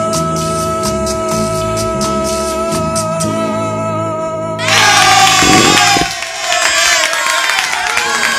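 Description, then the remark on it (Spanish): Music with a steady rhythmic beat ends abruptly, and a loud, dense burst of crowd applause and cheering takes over, continuing steadily to the end. “Tranquilo pueblo, no aplauda mucho que ya regresamos.”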